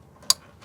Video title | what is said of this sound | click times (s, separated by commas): Ford Puma Millennium STILL BROKEN !! Can we fix the Fuel system finally ?? | There we go. Satisfying little click there. | 0.3 s